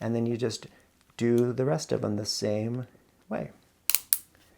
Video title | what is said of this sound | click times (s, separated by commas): DIY Sawyer Squeeze 🔶 CNOC Vecto Gravity Water Filter Setup | hard it just kind of clicks on there and that | 3.9 s, 4.1 s